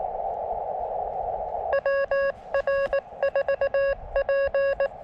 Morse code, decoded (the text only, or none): WR4P